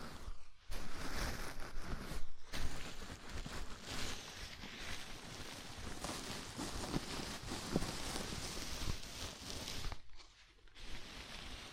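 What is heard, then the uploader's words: A scalp massage: fingers rub through hair in a dense, crackling rustle that sounds almost like rain. The scratching runs steadily with small fluctuations, breaking off briefly near the first and second seconds and for a longer pause around ten seconds before resuming. ASMR Sleepy Scalp Massage (No Talking).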